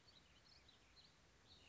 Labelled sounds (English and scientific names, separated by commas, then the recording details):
Warbling Vireo (Vireo gilvus)
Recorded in Sonoma County, California